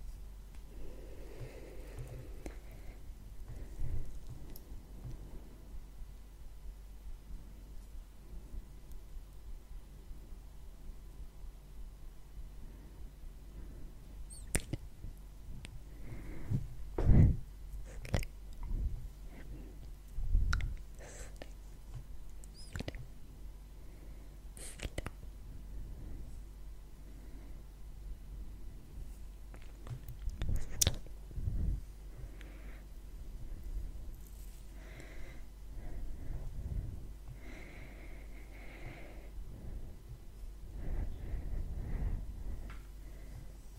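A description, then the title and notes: Soft brushing and touching on a face, quiet rubbing with sharp crackly taps around 15, 17, 20, 25 and 31 seconds over a low hum. ASMR Face Brushing Face Touching.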